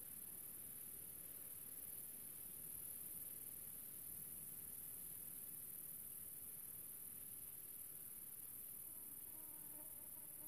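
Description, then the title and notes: Grasshopper stridulation: an unbroken high-pitched hiss over low rumbling noise, with a brief tonal sound near the end. A single small grasshopper, countryside near the small town of General Alvear, under the summer sun, recorded a few years earlier while filming a documentary. "Relaxing Sounds - Nature - Grasshopper. a small town called General Alvear. I found myself in the middle of the countryside under the summer sun and this little grasshoper appeard"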